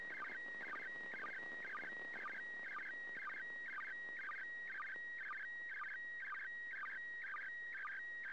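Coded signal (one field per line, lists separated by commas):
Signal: SSTV (slow-scan television)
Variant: PD120 mode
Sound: warbling tone around 1.9 kHz, chirpy bursts with low sync blips twice a second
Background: radio static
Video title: 29th First Pass. Slow Scan Television (SSTV) images transmitted from the International Space Station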